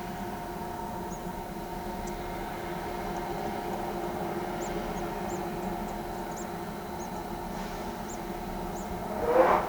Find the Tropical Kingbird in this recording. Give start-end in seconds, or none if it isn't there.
1.07-1.21, 4.60-8.91